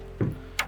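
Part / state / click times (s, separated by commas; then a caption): cable connector into controller panel socket / seated / 0.6 s. A cable connector is pushed into a port on the flex panel of an OmniCore C30 robot controller until it latches. A dull low thump of handling at about 0.2 s is followed by a sharp, bright click at 0.6 s as the connector seats. No one talks in the clip.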